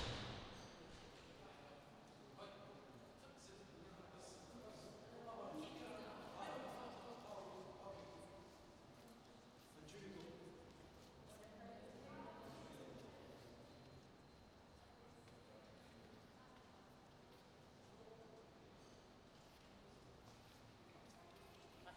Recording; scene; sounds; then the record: everyday scene through a hearing-aid microphone; reverberant space; background noise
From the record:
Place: railway station hall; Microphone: in the ear canal, right